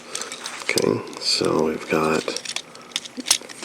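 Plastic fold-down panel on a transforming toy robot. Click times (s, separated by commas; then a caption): 0.7 s. A plastic fold-down panel on a Transformers Studio Series 86-04 Hot Rod transforming toy robot is pressed down on top so its tabs snap into place, with a sharp snap at 0.7 s. Light plastic clicks and handling follow while someone talks, and the panel ends up seated.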